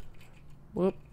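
A Signia Styletto hearing aid is handled near its charging case, about to be placed into the charger well, with faint light handling sounds early on and someone briefly talking near the end. The clip stops before the hearing aid goes into the charger, so nothing has seated or clicked yet.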